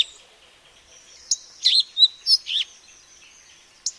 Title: suara burung kacer madagaskar